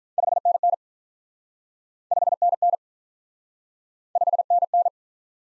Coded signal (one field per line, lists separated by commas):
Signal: Morse code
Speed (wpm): 47 wpm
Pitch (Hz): 700 Hz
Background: none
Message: 5NN 5NN 5NN